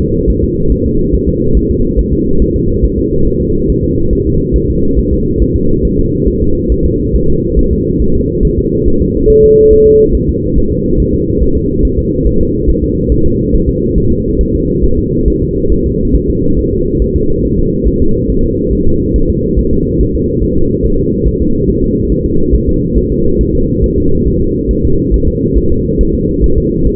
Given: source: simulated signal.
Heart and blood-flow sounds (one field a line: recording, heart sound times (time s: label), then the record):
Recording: fetal heart sounds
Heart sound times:
0.01 s: S2
0.30 s: S1
0.44 s: S2
0.72 s: S1
0.86 s: S2
1.14 s: S1
1.29 s: S2
1.57 s: S1
1.71 s: S2
1.99 s: S1
2.13 s: S2
2.42 s: S1
2.56 s: S2
2.84 s: S1
2.99 s: S2
3.27 s: S1
3.42 s: S2
3.70 s: S1
3.84 s: S2
4.13 s: S1
4.27 s: S2
4.56 s: S1
4.70 s: S2
4.99 s: S1
5.13 s: S2
5.42 s: S1
5.56 s: S2
5.85 s: S1
5.99 s: S2
6.28 s: S1
6.42 s: S2
6.72 s: S1
6.86 s: S2
7.16 s: S1
7.30 s: S2
7.59 s: S1
7.73 s: S2
8.02 s: S1
8.16 s: S2
8.45 s: S1
8.59 s: S2
8.88 s: S1
9.02 s: S2
9.30 s: S1
9.44 s: S2
9.73 s: S1
9.87 s: S2
10.15 s: S1
10.29 s: S2
10.58 s: S1
10.72 s: S2
11.00 s: S1
11.14 s: S2
11.43 s: S1
11.57 s: S2
11.85 s: S1
11.99 s: S2
12.27 s: S1
12.41 s: S2
12.70 s: S1
12.84 s: S2
13.12 s: S1
13.26 s: S2
13.55 s: S1
13.69 s: S2
13.98 s: S1
14.12 s: S2
14.41 s: S1
14.55 s: S2
14.84 s: S1
14.99 s: S2
15.28 s: S1
15.42 s: S2
15.72 s: S1
15.86 s: S2
16.15 s: S1
16.30 s: S2
16.59 s: S1
16.73 s: S2
17.02 s: S1
17.16 s: S2
17.45 s: S1
17.59 s: S2
17.88 s: S1
18.02 s: S2
18.30 s: S1
18.45 s: S2
18.73 s: S1
18.87 s: S2
19.16 s: S1
19.30 s: S2
19.59 s: S1
19.73 s: S2
20.01 s: S1
20.15 s: S2
20.44 s: S1
20.58 s: S2
20.86 s: S1
21.00 s: S2
21.28 s: S1
21.42 s: S2
21.70 s: S1
21.84 s: S2
22.12 s: S1
22.26 s: S2
22.55 s: S1
22.69 s: S2
22.98 s: S1
23.12 s: S2
23.41 s: S1
23.55 s: S2
23.84 s: S1
23.98 s: S2
24.28 s: S1
24.42 s: S2
24.71 s: S1
24.85 s: S2
25.14 s: S1
25.28 s: S2
25.58 s: S1
25.72 s: S2
26.01 s: S1
26.15 s: S2
26.44 s: S1
26.58 s: S2
26.87 s: S1
From the record:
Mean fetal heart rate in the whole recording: 140 bpm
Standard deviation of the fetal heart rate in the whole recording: 2 bpm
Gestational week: 34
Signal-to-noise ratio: -16.4 dB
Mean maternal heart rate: 72 bpm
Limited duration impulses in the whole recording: present